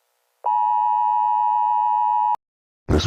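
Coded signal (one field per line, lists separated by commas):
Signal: Emergency Alert System (SAME) tones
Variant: 853 and 960 Hz attention tone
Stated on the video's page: Fictional EAS scenario made for entertainment, not a real alert.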